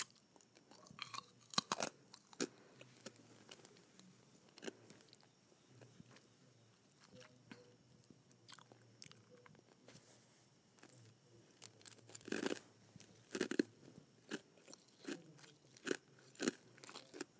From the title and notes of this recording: ASMR Sucking and Biting Ice.